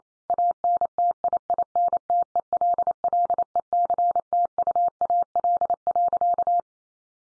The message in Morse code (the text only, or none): ANTIINTELLECTUAL.